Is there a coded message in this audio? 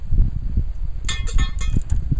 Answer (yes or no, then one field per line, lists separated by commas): no